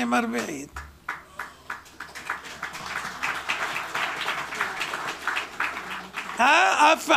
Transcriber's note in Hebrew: מחיאות כפיים